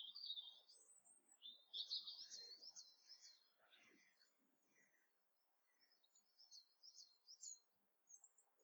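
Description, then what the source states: Bird twittering: high, rapid chirps and jumbled warbling phrases come and go, with softer low rustling underneath. January morning.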